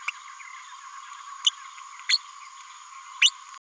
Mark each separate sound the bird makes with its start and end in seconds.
1.46-1.51, 2.09-2.18, 3.21-3.31